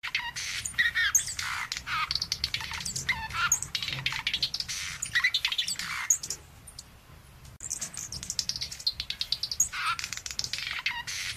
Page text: birdfy by netvue. ✨Sparkling Violetear👂(Colibri Coruscans)